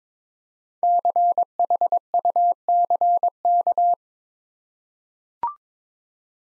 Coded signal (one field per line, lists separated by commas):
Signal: Morse code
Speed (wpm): 22 wpm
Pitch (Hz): 700 Hz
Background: none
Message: CHUCK